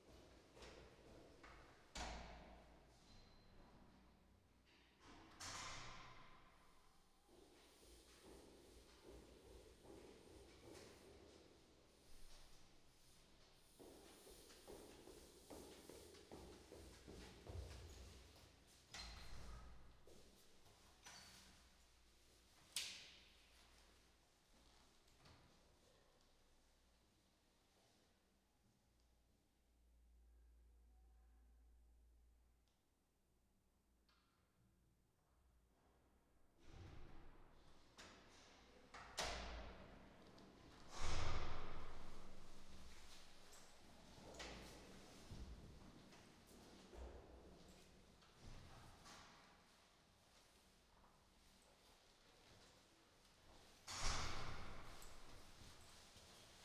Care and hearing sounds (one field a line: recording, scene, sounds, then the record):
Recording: everyday scene through a hearing-aid microphone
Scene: reverberant space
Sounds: background noise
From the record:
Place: staircase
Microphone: in the ear canal, right